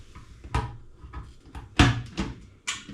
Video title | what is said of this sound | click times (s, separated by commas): Kenwood MultiPro Compact FDP31.170GY Kenwood Food Processor Review, Demonstration, Unboxing. | and you just make sure you hear the click that's it clicked in | 1.8 s